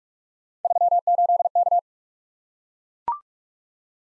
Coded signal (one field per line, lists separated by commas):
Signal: Morse code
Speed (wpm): 44 wpm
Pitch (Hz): 700 Hz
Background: none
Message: 38K